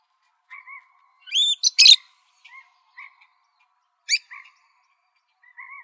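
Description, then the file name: Parrots making a quick series of grating squawks and sharp screeches, mixed with soft, gentle calls that recur throughout. "PFLB 3 deviche"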